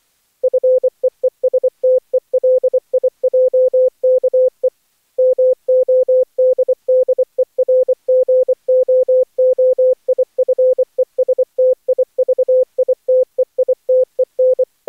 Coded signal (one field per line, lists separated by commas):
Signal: Morse code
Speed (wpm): 24 wpm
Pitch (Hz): 510 Hz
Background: none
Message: FEESTELIJKE MODDERGOOIFESTIVITEITEN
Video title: Daily Minutes, January 8, 2016, without the Contestia